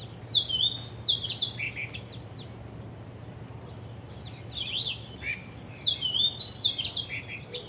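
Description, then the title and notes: Bird song: two bursts of high whistled, downward-sliding notes with sharp chirps, separated by a quieter gap, with a low steady hum beneath. Birds singing vigorously at Wu Kai Sha, Hong Kong, on 15 December 2006; recorded with AKG condenser microphones in XY stereo. "香港 烏溪沙 雀鳥勁唱歌 Date: 15 December 2006"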